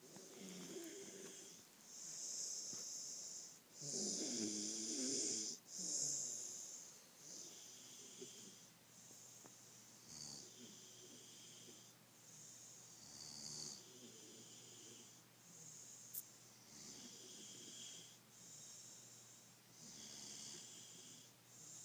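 About ten rhythmic, breathy snores come roughly every two seconds, mostly hissing and airy, with a few louder rattling ones near the start. This is snoring: noisy breathing from vibrating tissue in the upper airway during sleep.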